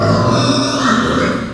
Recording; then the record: squeal of a Yucatan mini pig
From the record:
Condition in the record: after surgery on the right vocal fold (resection and tissue-engineered implant); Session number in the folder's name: 11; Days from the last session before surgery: 98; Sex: female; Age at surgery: 19 weeks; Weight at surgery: 25 kg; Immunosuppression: prednisolone